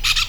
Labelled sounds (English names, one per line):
Brown-throated Parakeet contact call